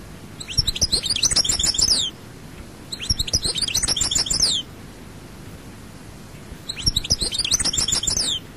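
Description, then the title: European goldfinch song in three bursts of quick, jingling twitters, each lasting about two seconds, separated by short silences. "Chant Chardonneret"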